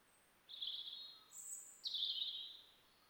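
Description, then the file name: European robin singing three high, sustained whistled notes, the middle one higher, each held for under a second, with quiet background hiss. "Erithacus rubecula"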